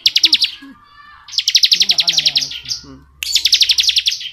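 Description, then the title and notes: Bar-winged prinia song of rapid high pulsed trills, three bursts separated by brief gaps, with faint lower chirps underneath. Ngebren-style song, used as training audio for tutoring oriental magpie-robins. "Ciblek Ngebren Untuk Masteran Murai Batu. Suara burung ciblek - Suara Nada"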